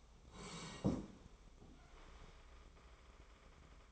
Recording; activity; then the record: daily activity, microphone in the room; sit down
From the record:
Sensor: 1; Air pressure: 1005.1 hPa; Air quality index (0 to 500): 123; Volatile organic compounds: 5 ppm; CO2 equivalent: 1727 ppm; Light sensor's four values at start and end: 11/26/11/11 and 11/27/11/12